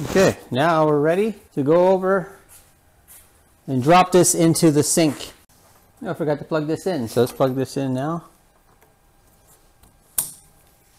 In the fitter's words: that's it nice little click we have it people